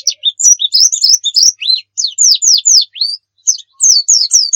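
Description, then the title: White-eye song: rapid high twittering of short descending slurred notes, bright and sweet, delivered in quick bursts with brief pauses. Singing white-eye, described as a gacor (persistently singing) bird; a masteran training recording for teaching pet songbirds to sing. "Pleci Muria Gacor"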